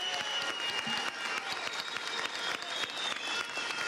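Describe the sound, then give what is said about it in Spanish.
Sustained applause from a large audience for Major General González López, a dense steady patter of many hands clapping at once, fairly loud and unbroken throughout with no one speaking over it. “Un aplauso para este hombre y todo el apoyo del pueblo venezolano.”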